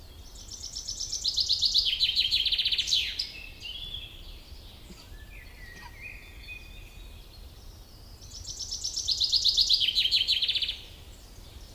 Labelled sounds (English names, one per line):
Common Chaffinch song